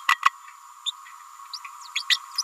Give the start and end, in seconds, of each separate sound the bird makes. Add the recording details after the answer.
0.08-0.15, 0.25-0.30, 0.86-0.91, 1.53-1.58, 1.95-2.03, 2.09-2.18. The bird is a female. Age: 29 days. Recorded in a nest box in Venezuela. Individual 17B31A3